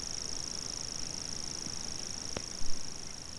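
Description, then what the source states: Common grasshopper warbler song, one continuous high reeling buzz that never pauses, with a single sharp click near the end. Recorded 25 June 2020.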